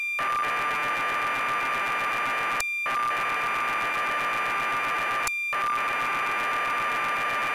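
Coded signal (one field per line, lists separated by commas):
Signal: computer data on cassette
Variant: BBC Micro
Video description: Tape loading sequence of Sabre Wulf by Ultimate Play The Game on the BBC Micro computer. Captured from BeeBEm emulator.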